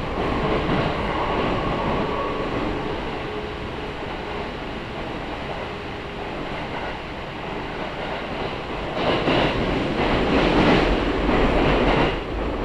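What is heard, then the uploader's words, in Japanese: Inside a Gotemba Line train running from Yamakita to Gotemba, a steady rumble of wheels and motor fills the clip. A faint hum holds through the first few seconds, and from about nine seconds the noise swells into louder, rhythmic clattering bursts before easing at the end. 御殿場線 山北→御殿場。やってくるのは2両とか3両の短い編成です。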